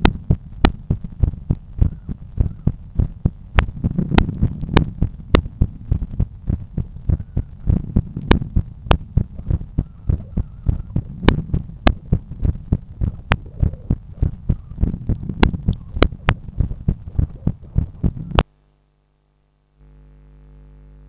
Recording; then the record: heart sounds by stethoscope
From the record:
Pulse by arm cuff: 96 bpm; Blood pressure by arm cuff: 148/90 mmHg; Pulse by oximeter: 103 bpm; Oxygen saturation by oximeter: 95%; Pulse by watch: 97 bpm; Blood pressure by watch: 131/85 mmHg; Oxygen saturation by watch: 95%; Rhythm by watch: sinus rhythm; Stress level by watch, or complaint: medium stress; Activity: after 1 min smoking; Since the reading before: plus 100 steps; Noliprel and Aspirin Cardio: no pills today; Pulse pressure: 58 mmHg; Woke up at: 7:30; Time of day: 16:24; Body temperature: 36.3 C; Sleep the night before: 9 h 22 min, score 68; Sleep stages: REM 22%, light 66%, deep 4%, awake 8%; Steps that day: 11800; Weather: sunny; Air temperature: 19.4 C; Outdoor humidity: 73%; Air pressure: 1015 hPa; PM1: 3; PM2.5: 5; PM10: 7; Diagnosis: hypertension, treated with Noliprel and Aspirin Cardio 100 mg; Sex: male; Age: 53 years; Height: 174 cm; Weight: 81 kg